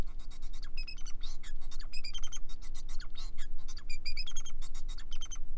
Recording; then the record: song of a male Bengalese finch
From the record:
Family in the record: son of father 4